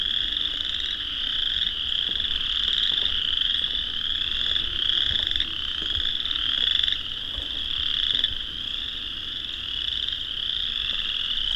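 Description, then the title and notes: Chorus frogs calling en masse, countless creaky trills blending into an unbroken shrill chorus. Dusk in spring in a swamp; thousands, maybe tens of thousands, of calling chorus frogs; frogs use calls and songs to establish territory. "Vinemount Swamp, and will hear thousands, maybe tens of thousands, of chorus frogs"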